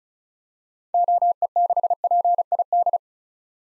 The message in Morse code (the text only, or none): OE6PID